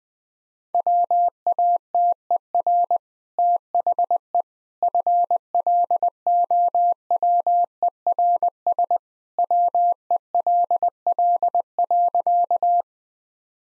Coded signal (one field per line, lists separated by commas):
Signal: Morse code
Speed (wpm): 20 wpm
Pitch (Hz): 700 Hz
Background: none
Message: WATER THE FLOWERS WELL.